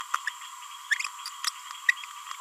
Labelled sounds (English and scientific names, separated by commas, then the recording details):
Green-rumped Parrotlet (Forpus passerinus) babbling
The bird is a female
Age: 31 days
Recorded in a nest box in Venezuela
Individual 17B42A2